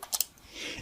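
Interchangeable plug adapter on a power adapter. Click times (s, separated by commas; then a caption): 0.2 s. A release button is pressed on a power adapter and its interchangeable plug adapter releases and comes off. Short, sharp plastic click hits sound near the start, with the main click at 0.2 s, followed by a quiet, hissy tail.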